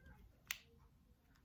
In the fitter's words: click it and as it clicks the top comes off so it pulls straight up so